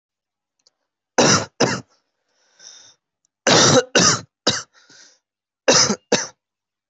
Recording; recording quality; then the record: heavy voluntary cough; excellent, no background noise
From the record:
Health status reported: healthy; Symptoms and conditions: none ticked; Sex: male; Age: 21 years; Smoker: not ticked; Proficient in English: yes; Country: India